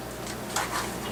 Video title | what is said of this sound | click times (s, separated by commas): How To Build a Computer - Part 2 - The Build Process | you'll hear it snap into place | 0.6 s